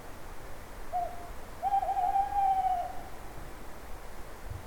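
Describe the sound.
Owl call: a brief introductory hoot followed by a long, even, slightly wavering hoot, against quiet steady hiss.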